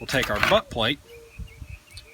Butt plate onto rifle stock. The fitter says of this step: slide it back on and down, and it locks in place.